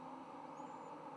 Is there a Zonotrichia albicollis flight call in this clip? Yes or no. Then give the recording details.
no. No flight call is heard. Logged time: 11:24 on 10 November 2014